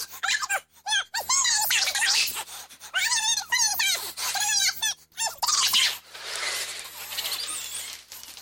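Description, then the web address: Bobcat calls: clusters of sharp arched squeaks in quick succession, several rapid bursts, then fainter wavering tones under a hissing background. "doublenight bobcat"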